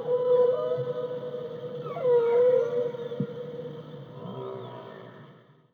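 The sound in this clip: Humpback whale call: a sustained steady moan with overtones, broken by a swooping glide midway, then a softer pulsed moan that fades out.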